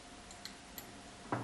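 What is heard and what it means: Metal spring clips are handled against a glass jar lid and rim, producing a faint tick near 0.5 s, another around 0.8 s, and a louder, broader knock at 1.3 s. Nothing has seated or snapped home yet; the clip ends just before the clips go on.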